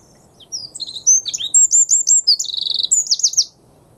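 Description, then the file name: Eurasian wren song: a loud, rapid three-second burst of high, sharp notes and trilled runs, including a fast rattling trill near the end. "Troglodytes troglodytes"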